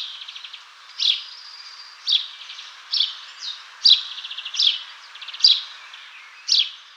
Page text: House Sparrow Call. Quick Sounds